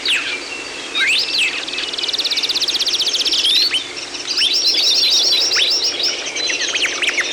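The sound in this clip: Several birds sing over one another, a long high buzzy trill joined by scattered whistled slurs and quick chirps.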